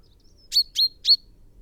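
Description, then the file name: Common chaffinch calls: three sharp, clipped notes with a thin high tonal tail, given in quick succession about a third of a second apart, in an otherwise quiet background. "Fringilla coelebs"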